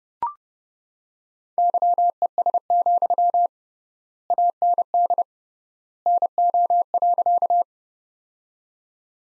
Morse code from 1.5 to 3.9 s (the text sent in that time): YES,